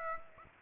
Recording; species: mosquito wingbeat signal from an infrared sensor; Aedes aegypti